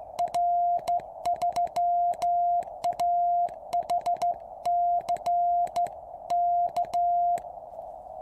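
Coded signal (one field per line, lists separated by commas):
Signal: Morse code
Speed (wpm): 13 wpm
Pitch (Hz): 700 Hz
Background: music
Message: R3AHC K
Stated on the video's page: QRP CW from a QCX-mini transceiver on 3x18650 batteries, 10-metre end-fed antenna with 1:64 balun on 7-metre fishing-pole mast.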